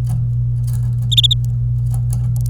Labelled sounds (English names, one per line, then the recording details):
Domestic Canary song
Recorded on 26 April 2018 at 08:32
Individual llb3